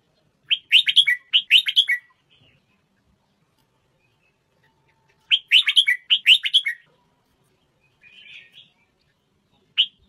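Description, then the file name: Red-whiskered bulbul delivering two quick, chattering warbled phrases several seconds apart, then a soft twitter and a single sharp note at the end. Thai-type red-whiskered bulbul, singing. "tieng chao mao thai lan hot giong"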